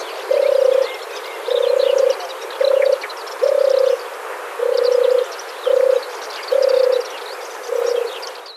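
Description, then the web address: European turtle dove purring: low, rolling, throaty notes repeated in a series, with faint chirping of other small birds behind. "ixoi Trygoni"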